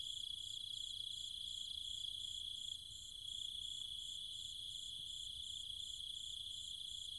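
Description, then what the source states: Cicadas droning shrilly with other insects, an unbroken high whine overlaid by quick regular pulsing, the chorus softening for a moment partway through. Cicadas and other insects calling at night in trees and fields in countryside near Chiang Mai, Thailand.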